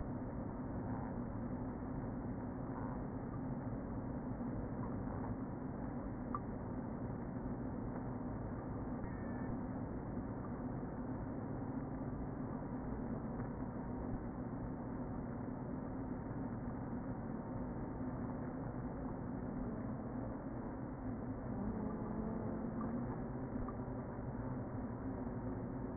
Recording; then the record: honeybee colony, microphone inside the hive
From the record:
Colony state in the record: queen present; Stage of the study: before two queens were removed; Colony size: about 60,000 bees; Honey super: yes